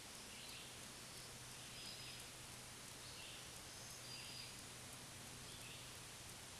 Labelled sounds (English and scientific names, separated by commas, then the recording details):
Black-throated Green Warbler (Setophaga virens) song
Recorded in a Pennsylvania forest on 1 June 2023 at 08:59
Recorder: AudioMoth, point grid3_12_low
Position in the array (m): 216 m, 140 m